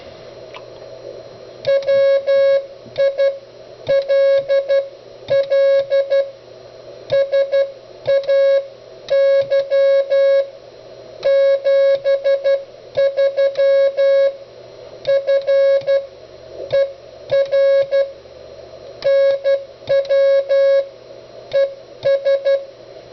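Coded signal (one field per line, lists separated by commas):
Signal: Morse code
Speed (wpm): 12 wpm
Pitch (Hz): 550 Hz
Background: music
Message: WILL SAY 73 FER NW ES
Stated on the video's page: CW from the Begali CW Machine, a full-function keyer and CW trainer, shown with its autologging function.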